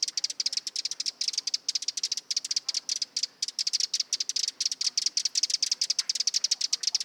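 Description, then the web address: Eurasian wren singing a continuous rapid trill of high, metallic notes, evenly spaced and loud throughout, with no other clear sounds. Nominate subspecies Troglodytes troglodytes troglodytes. "Vogelstimmen Vogelstimme Zaunkoenig 2-Eurasian Wren - Troglodytes troglodytes troglodytes"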